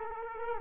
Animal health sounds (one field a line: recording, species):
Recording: mosquito wingbeat signal from an infrared sensor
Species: Culex quinquefasciatus